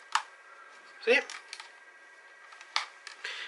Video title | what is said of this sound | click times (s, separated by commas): Syma X5UC New Drone Quadcopter Unboxing Video Review | and then you'll feel there's a bit of resistance there push against that resistance and as you'll see the camera clicks into place | 0.2 s